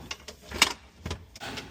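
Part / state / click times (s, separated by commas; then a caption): filter assembly wiring plug into refrigerator rear socket / seated / 0.6 s. The larger electrical plug of a replacement water filter assembly is pushed into its socket at the back of a Samsung 4-door fridge, model 23386A, which is being repaired for no ice or water. Several faint handling taps come before a sharp, bright click at 0.6 s, followed by a few softer knocks. The plug seats with that click.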